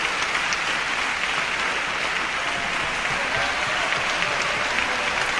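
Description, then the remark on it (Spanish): Sustained, steady applause from a large concert audience, some standing, giving an ovation to a symphony orchestra as its sections rise in turn; a dense wash of clapping hands that holds at an even, loud level throughout without pause. “Incluso la gente aplaude de pie.”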